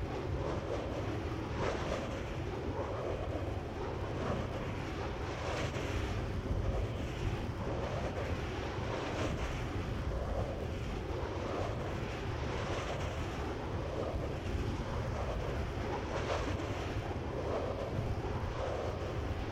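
Giant three-bladed wind turbines turn with a steady, heavy low rumble and a constant rushing wash. Brighter whooshing swells rise and fade about every three to four seconds as the blades sweep past, while gusty wind buffets the microphone throughout.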